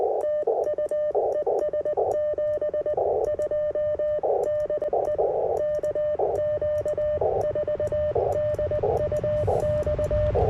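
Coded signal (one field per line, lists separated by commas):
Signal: Morse code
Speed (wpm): 20 wpm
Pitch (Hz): 1800 Hz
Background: radio noise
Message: TU ES 72 DE KQ4DUX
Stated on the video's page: CW at a POTA activation in a national forest using a 10 m delta loop and a 30 m wire vertical.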